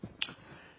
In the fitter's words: you can probably hear that clicking on and it's really enough to actually pick the tripod up so